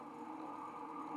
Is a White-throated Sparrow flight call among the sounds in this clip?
no